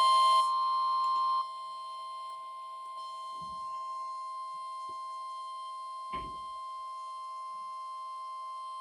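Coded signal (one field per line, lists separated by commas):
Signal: Emergency Alert System (SAME) tones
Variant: 1050 Hz attention tone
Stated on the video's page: Required weekly test received on a WR120 weather radio, its first alert.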